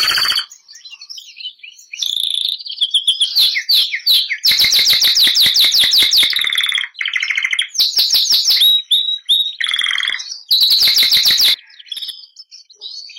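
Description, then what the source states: Canary (Bernois): canary song with varied phrases: soft warbles and chirps, then several powerful rapid trills in bursts, each lasting a second or two, with short gaps. Bernois breed canary.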